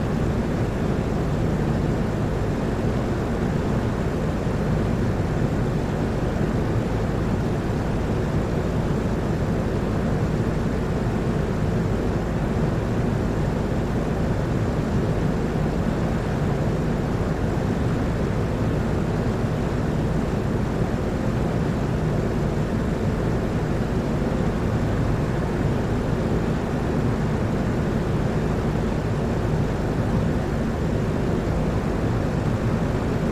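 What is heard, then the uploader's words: A loud fan roars steadily for the whole clip, a dense, unchanging rush weighted toward the low and middle range with a faint hum underneath. There are no distinct events or pauses; the level stays constant from start to finish. Loud Fan Noise.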